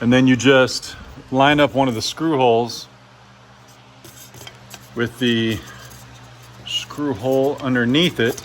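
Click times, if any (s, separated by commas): none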